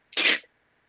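A single short, harsh, airy cough-like burst lasts about a third of a second and is followed by silence. An imitated honking cough of a Pomeranian with tracheal narrowing, caused by a displaced aorta pressing on the windpipe. The cough recurs often and is brought on by excitement and by sudden hot-cold changes that make the trachea contract.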